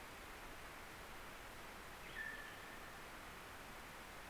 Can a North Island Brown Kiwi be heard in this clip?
no